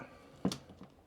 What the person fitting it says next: and it clicks right in